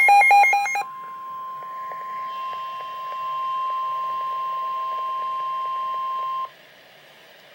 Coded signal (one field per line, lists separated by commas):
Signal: Emergency Alert System (SAME) tones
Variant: 1050 Hz attention tone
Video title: REAL EAS 793-Severe thunderstorm warning